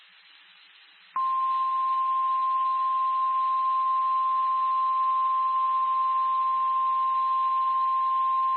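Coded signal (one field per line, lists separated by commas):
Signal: Emergency Alert System (SAME) tones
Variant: 1050 Hz attention tone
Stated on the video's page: Flash flood warning for Lubbock County, Texas, from NOAA Weather Radio station WXK79 Lubbock.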